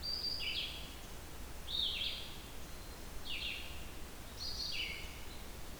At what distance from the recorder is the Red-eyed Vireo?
about 40 m